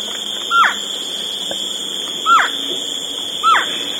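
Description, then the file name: Bird calls: three short, down-slurred notes at irregular intervals over a steady high hum. "SABIOD 50 bird 2015"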